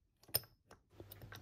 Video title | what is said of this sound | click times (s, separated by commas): Honda ST1100 Pan European - the engine rebuild commences - Episode 2 | well that dropped in just perfect it's always nice to hear the big click as it hits the bottom and it rotates nicely | 0.4 s